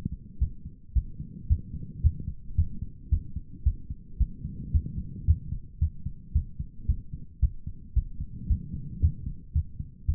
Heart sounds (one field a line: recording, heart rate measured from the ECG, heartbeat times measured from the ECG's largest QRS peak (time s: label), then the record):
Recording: heart sounds by stethoscope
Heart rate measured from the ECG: 112 bpm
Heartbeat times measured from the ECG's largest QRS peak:
0.39 s: heartbeat
0.93 s: heartbeat
1.47 s: heartbeat
2.01 s: heartbeat
2.55 s: heartbeat
3.09 s: heartbeat
3.63 s: heartbeat
4.18 s: heartbeat
4.71 s: heartbeat
5.25 s: heartbeat
5.79 s: heartbeat
6.33 s: heartbeat
6.86 s: heartbeat
7.40 s: heartbeat
7.94 s: heartbeat
8.47 s: heartbeat
9.00 s: heartbeat
9.53 s: heartbeat
10.06 s: heartbeat
From the record:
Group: healthy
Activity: rest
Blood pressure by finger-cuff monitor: 137/73 mmHg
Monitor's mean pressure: 89 mmHg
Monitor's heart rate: 111 bpm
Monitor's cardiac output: 10.1 L/min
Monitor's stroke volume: 89 mL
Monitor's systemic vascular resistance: 650 dyn s/cm5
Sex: male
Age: 19 years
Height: 178 cm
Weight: 83 kg